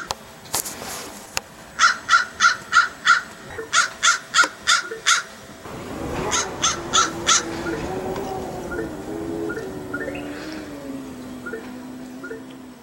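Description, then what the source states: Crow giving rapid runs of rasping caws, two bursts of about five each, then softer caws, followed by a low droning hum as the calling stops. Crow recorded with a mirror.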